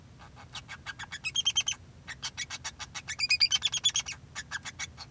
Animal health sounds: song of a male Bengalese finch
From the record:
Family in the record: son of father 2

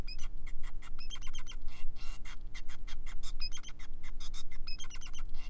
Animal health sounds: song of a male Bengalese finch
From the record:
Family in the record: son of father 5

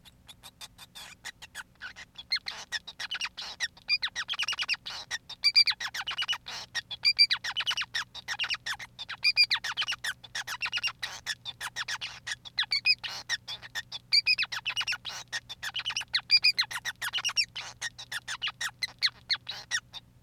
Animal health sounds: song of a male Bengalese finch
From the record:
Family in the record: son of father 5

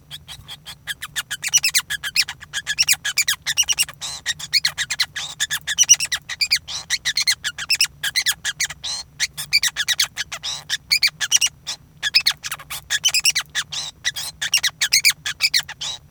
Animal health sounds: song of a male Bengalese finch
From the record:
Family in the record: son of father 5

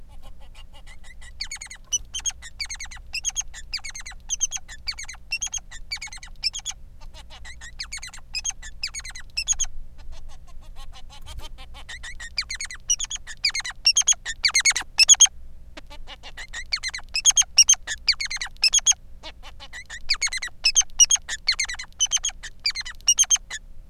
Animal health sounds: song of a male Bengalese finch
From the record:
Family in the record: son of father 3

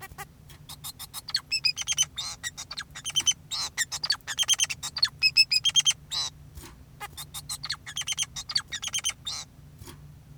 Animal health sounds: song of a male Bengalese finch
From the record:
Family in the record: son of father 2, and himself father 4

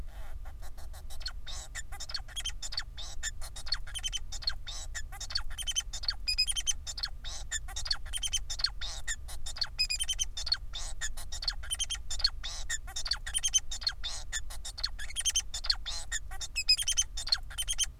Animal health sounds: song of a male Bengalese finch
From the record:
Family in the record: son of father 4

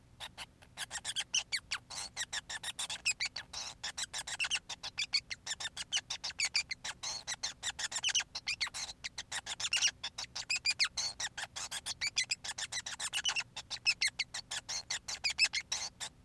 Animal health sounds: song of a male Bengalese finch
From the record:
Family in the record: son of father 5

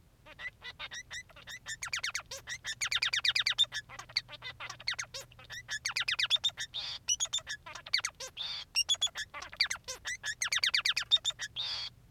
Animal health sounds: song of a male Bengalese finch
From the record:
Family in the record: son of father 3

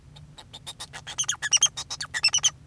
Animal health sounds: song of a male Bengalese finch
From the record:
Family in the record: son of father 2

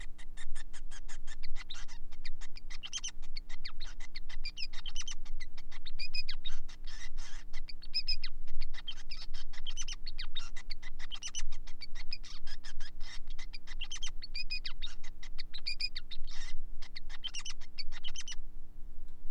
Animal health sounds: song of a male Bengalese finch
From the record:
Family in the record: son of father 5

